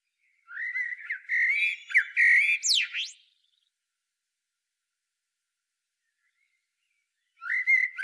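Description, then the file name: Eurasian blackbird song phrase of mellow whistled notes rising into quick sweeping squeaks, then silence before a fresh phrase begins at the end. "Turdus merula"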